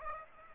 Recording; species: mosquito wingbeat signal from an infrared sensor; Aedes aegypti